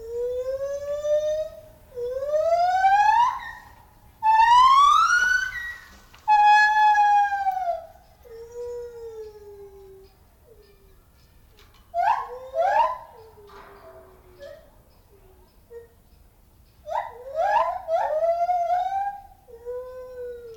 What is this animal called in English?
Lar Gibbon